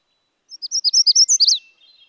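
Magnolia warbler delivering a short high-pitched song of rapid slurred notes ending emphatically, followed by a few faint softer notes.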